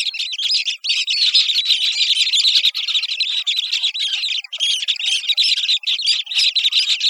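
Western sandpiper giving a dense run of high, thin chirps and twitters, almost without pause, with a brief lull near four and a half seconds.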